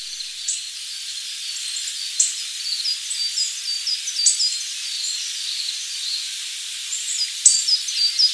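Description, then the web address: Bird calls: many short, high chirps and twitters scattered irregularly throughout over a steady hiss. Recorded in Higashiosaka, Japan. "higashiosaka bird koe"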